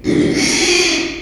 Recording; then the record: squeal of a Yucatan mini pig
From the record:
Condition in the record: after surgery on the right vocal fold (resection and tissue-engineered implant); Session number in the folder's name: 2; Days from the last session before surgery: 13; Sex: male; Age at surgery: 12 weeks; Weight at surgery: 13 kg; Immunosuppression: cyclosporine, prednisolone